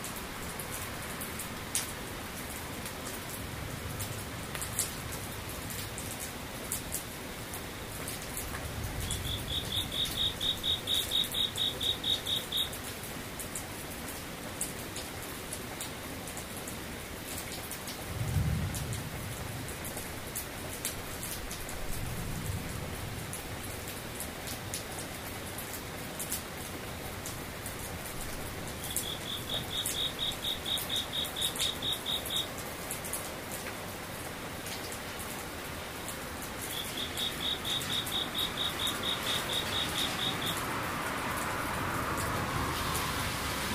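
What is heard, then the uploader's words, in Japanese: Steady rain hisses throughout, with scattered drops ticking over it. A high, buzzing insect trill, like a cicada, comes in short bursts around 9–13 seconds, 29–33 seconds and 37–41 seconds. A few dull low thumps sound near 10, 18 and 22 seconds. 雨ムシセミ無音。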